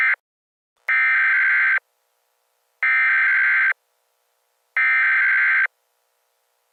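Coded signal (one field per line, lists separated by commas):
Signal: Emergency Alert System (SAME) tones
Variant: header bursts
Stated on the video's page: Fictional EAS scenario for a fire tornado warning.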